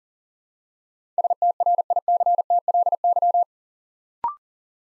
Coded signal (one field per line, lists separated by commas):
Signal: Morse code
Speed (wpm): 40 wpm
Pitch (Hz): 700 Hz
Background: none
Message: STRICTLY